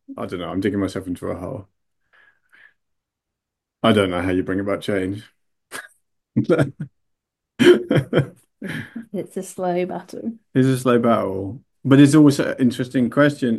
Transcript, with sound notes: I don’t know, I’m digging myself into a hole… I don’t know how you bring about change. (laughs)
It’s a slow battle.
It’s a slow battle, but it’s also an interesting question…